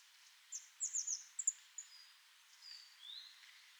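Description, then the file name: Eurasian blue tit calls: a quick series of very high, thin descending notes, followed by softer drawn-out high notes. "Cyanistes caeruleus"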